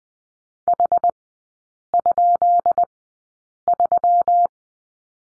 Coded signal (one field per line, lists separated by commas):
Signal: Morse code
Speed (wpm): 19 wpm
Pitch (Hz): 700 Hz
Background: none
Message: H?3